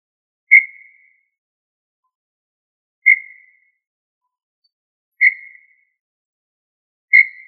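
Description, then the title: Tinamou giving four single clear whistles with short fading tails, spaced roughly two seconds apart, nothing else audible. "Familia Tinamidae"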